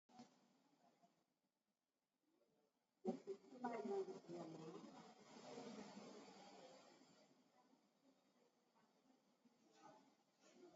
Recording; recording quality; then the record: shallow breathing; poor, much background noise or distortion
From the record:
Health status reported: COVID-19 positive, moderate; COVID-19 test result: positive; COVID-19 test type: RT-PCR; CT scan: taken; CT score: 12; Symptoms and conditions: cough, cold, breathing difficulty, fatigue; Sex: female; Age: 60 years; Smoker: no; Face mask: worn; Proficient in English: yes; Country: India